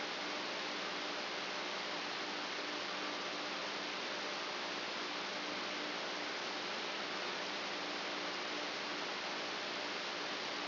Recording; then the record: brain microelectrode recording played as sound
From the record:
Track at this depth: outside the subthalamic nucleus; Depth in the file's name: 9.029 mm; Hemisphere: left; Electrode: 2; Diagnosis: Parkinson's disease